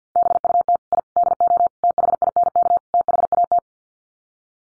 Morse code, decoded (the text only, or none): BUT I DO THINK THAT